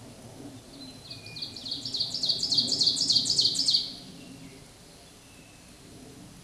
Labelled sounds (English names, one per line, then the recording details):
Ovenbird song
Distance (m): 5 m
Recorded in a Pennsylvania forest on 17 May 2023 at 13:24
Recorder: AudioMoth, point grid1_7_low
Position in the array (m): 148 m, 63 m